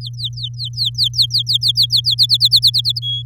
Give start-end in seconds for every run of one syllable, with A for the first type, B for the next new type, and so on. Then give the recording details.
0.01-2.15 A, 2.18-3.00 B, 3.02-3.22 C. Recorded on 6 May 2018 at 06:58. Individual llb16